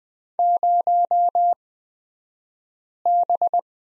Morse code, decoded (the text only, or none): 0B